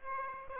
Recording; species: mosquito wingbeat signal from an infrared sensor; Aedes aegypti